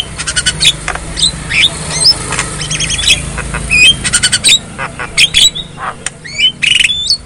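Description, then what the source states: Javan myna song: rattling clicks, squeaks and slurred whistles in quick irregular bursts, with a steady low background drone. Javan myna song (kicau); a lure (pancingan) recording meant to get silent (bisu) mynas singing.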